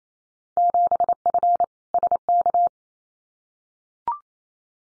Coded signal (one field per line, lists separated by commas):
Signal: Morse code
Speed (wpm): 28 wpm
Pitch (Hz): 700 Hz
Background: none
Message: 7F SK